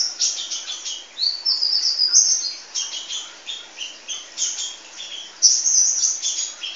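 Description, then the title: Sunbird chirping: continuous, dense, very high twittering with rapid scratchy squeaks and short descending notes throughout, over a light background hiss. "kicau kolibri"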